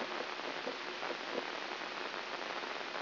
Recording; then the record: brain microelectrode recording played as sound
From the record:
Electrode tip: inside the subthalamic nucleus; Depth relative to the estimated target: 0 mm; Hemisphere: right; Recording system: AlphaMap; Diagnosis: Parkinson's disease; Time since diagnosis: 11 years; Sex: female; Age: 52 years